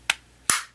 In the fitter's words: the way they need to go that's a satisfying snap um but